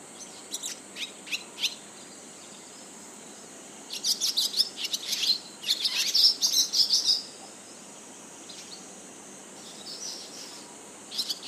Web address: izumino saunndo tubame